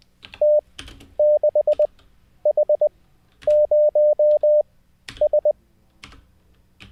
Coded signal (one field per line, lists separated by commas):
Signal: Morse code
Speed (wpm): 20 wpm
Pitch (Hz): 600 Hz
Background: none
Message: T6H0S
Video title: How to Learn Morse Code LIVE with N0SSC (Day 30)